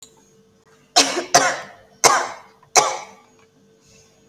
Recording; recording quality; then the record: shallow voluntary cough; moderate, slight background noise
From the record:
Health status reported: COVID-19 positive, no symptoms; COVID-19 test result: positive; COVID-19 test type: RT-PCR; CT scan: not taken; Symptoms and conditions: cough, cold, sore throat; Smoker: no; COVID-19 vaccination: both doses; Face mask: worn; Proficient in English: yes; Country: India